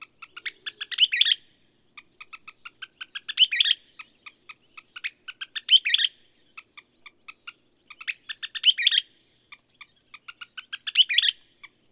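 Bird song repeated about every two and a half seconds, five phrases of short ticking notes that each swell into a loud, complex trill; otherwise quiet.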